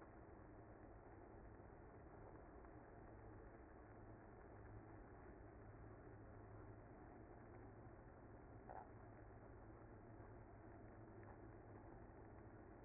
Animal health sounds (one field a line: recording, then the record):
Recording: honeybee colony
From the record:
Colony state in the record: active